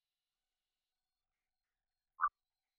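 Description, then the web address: Morelet's tree frog giving a single short, clipped note after near silence. "Agalychnis moreletii"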